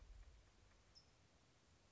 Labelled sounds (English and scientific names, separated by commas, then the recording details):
California Towhee (Melozone crissalis)
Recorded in Sonoma County, California